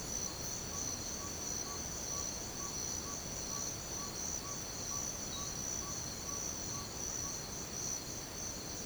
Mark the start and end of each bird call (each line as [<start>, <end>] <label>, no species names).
[1.13, 7.52] bird call